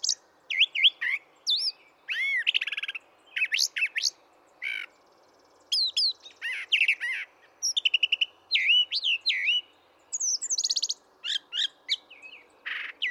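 Brown thrasher song: a nonstop run of varied short phrases, rich whistles, buzzes and sharp chips, several phrases repeated in quick sets before switching to new ones.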